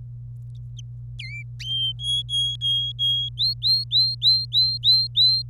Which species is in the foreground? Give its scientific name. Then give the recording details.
Serinus canaria. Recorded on 25 April 2018 at 16:37. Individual llb3